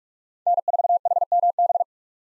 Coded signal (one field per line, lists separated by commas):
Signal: Morse code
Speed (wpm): 40 wpm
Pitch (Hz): 700 Hz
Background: none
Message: N4HMB